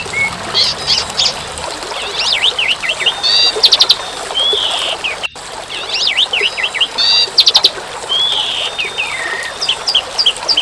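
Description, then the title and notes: Bird song in quick varied phrases: high chirps, sweeping whistles, and short buzzy trills. The same sequence plays twice, with a brief break at the midpoint. Bird chirping, used for training pet birds to sing. "Suara Burung. Suara Kicauan Burung untuk memaster burung kesayangan"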